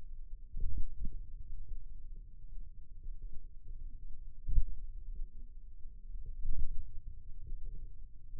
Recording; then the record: forearm muscle sounds (acoustic myography)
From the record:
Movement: pen grasping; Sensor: system 2, bracelet of six BSWA MPA416 microphones around the upper forearm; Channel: 6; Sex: male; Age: 22 years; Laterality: right